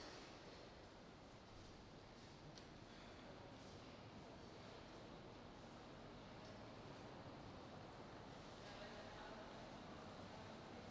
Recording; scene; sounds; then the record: everyday scene through a hearing-aid microphone; reverberant space; background noise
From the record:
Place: railway station hall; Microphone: in the ear canal, right